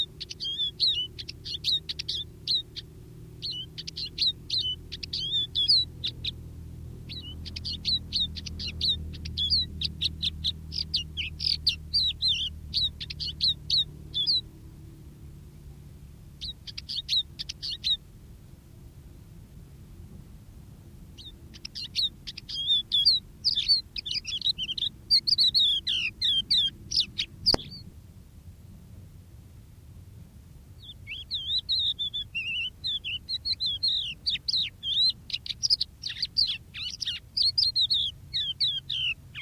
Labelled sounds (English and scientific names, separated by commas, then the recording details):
Crested Lark (Galerida cristata) song
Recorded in the wild
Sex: male
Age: adult
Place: Erlangen, OT Schallershof, Bayern, DE
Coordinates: 49.5792, 10.9736
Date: 1962-05-11
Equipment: Stellavox SM 5, Vorverstärker, Original, Vollspur
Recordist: Tretzel, Erwin